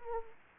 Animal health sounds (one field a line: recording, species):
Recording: mosquito wingbeat signal from an infrared sensor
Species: Anopheles gambiae